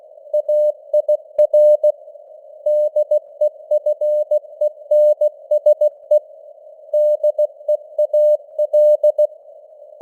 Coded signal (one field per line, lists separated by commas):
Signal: Morse code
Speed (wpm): 16 wpm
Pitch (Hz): 600 Hz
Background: none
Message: AIR DEFENSE DEAL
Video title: Morse Code News | 2025-12-19 | 16wpm